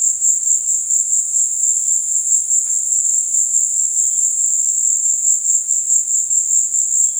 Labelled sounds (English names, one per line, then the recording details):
none
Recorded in dense forest near Puerto Asís, Putumayo, Colombia, on 19 February 2024 at 16:00
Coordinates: 0.472, -76.329
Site G6394